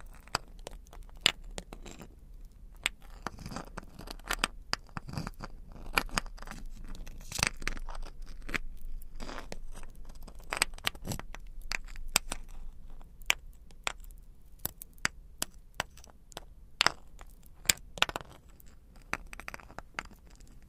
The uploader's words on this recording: Diamonds Sounds (Crystals, Beads, Ice, jewels, tapping, scratching).